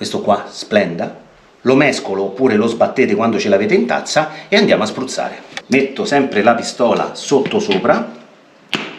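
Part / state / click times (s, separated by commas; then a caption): disposable paint cup onto spray gun cup adapter / seated / 8.7 s. A disposable paint cup is twisted onto the cup adapter of a spray gun held upside down while someone talks. The cup locks into place with a sharp click at 8.7 seconds, and it is seated.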